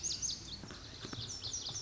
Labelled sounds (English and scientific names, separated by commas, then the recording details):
Lazuli Bunting (Passerina amoena)
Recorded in Sonoma County, California